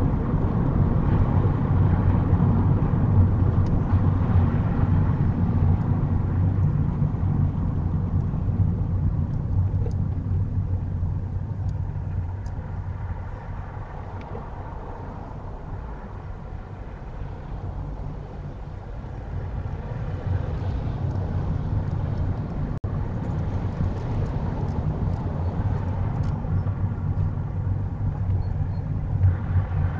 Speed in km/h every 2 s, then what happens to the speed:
35, 32, 26, 21, 16, 10, 5, 5, 6, 16, 21, 21, 18, 16, 16.
0-12 slows to 5. 16-20 speeds up to 21. 20-30 steady at about 18.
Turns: none.